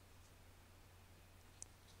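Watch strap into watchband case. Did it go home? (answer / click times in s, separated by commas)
yes / 1.6 s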